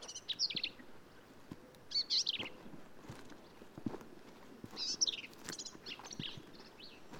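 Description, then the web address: Black-capped vireo singing several short, high, scratchy phrases separated by pauses, with scattered clicks and light tapping sounds. "birdsongforthecurious Black-capped Vireo"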